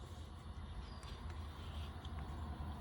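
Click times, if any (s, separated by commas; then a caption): none. On a 2017+ L5P Duramax, a fuel line is pulled at its quick-connect coupling to free it from the fitting after the disconnect tool has been used. A steady low rumble and broadband noise run throughout, with a brief faint tick around 2.1 s. The line fails to release from the fitting, and nothing has clicked or come free yet.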